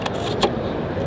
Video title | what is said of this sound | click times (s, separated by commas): TIMBREN - SEMA 2024 VLOG | this thing is sick it's fully articulating you get this thing and your phone just snaps right into this check this out | 0.1 s, 0.4 s